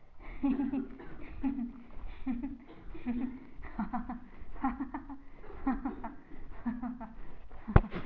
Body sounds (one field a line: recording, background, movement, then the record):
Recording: laughter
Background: a bystander coughing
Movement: walking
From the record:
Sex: female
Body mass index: 22.6 kg/m2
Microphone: on the chest, facing the body